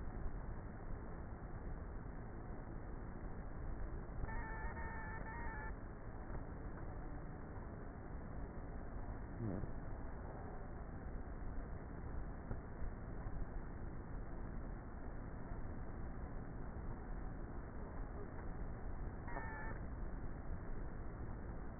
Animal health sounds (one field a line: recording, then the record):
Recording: honeybee colony, microphone inside the hive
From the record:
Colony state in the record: queenless with a low population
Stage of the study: before two queens were removed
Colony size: about 30,000 bees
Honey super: no